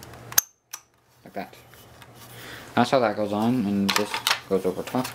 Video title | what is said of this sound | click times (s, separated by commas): gentex commander 3 unboxing Part 1 | and just appears to me snaps in place like | 0.4 s